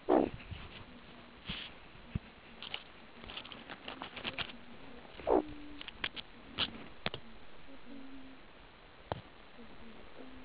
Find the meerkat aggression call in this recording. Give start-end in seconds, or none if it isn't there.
0.08-0.26, 5.28-5.41